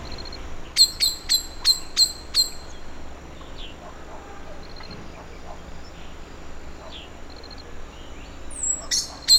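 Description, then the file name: Eurasian blackbird calls, a rapid run of six hard chinks evenly spaced, then quieter notes and a few more chinks at the end. "Turdus merula"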